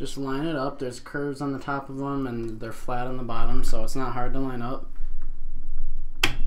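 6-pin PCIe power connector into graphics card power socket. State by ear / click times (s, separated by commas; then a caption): seated / 6.2 s. A 6-pin PCIe power plug, with curved tops and flat bottoms, is lined up and pushed into the power socket of a GTX 550 Ti graphics card while someone talks. Faint handling sounds follow, then a single loud, sharp click at 6.2 s as the connector seats.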